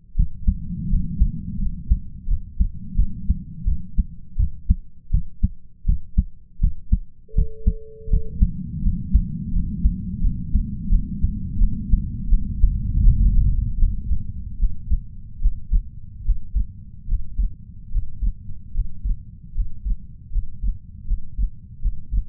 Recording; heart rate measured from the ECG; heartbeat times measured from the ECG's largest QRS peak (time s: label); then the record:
heart sounds by stethoscope; 80 bpm
0.16 s: heartbeat
0.89 s: heartbeat
1.59 s: heartbeat
2.28 s: heartbeat
2.96 s: heartbeat
3.65 s: heartbeat
4.37 s: heartbeat
5.11 s: heartbeat
5.86 s: heartbeat
6.60 s: heartbeat
7.35 s: heartbeat
8.10 s: heartbeat
8.83 s: heartbeat
9.53 s: heartbeat
10.21 s: heartbeat
10.89 s: heartbeat
11.58 s: heartbeat
12.29 s: heartbeat
13.03 s: heartbeat
13.78 s: heartbeat
14.59 s: heartbeat
15.41 s: heartbeat
16.25 s: heartbeat
17.07 s: heartbeat
17.91 s: heartbeat
18.73 s: heartbeat
19.54 s: heartbeat
20.31 s: heartbeat
21.06 s: heartbeat
21.81 s: heartbeat
From the record:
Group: healthy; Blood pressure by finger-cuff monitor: 122/72 mmHg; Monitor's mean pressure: 87 mmHg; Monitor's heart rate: 80 bpm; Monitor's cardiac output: 7.6 L/min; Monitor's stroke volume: 93 mL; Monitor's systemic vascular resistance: 850 dyn s/cm5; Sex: male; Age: 33 years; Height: 179 cm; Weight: 80.4 kg